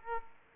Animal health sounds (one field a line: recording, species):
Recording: mosquito wingbeat signal from an infrared sensor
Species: Aedes aegypti